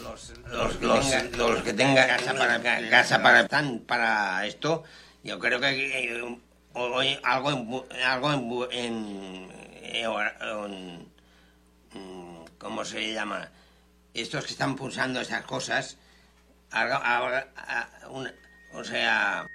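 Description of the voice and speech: Adult male speaker with aphasia, a language disorder involving loss or reduction of previously acquired communicative ability, caused by lesions in the brain areas that control language. Halting Spanish speech with word-finding difficulty, repeated fragments, filler sounds and long pauses.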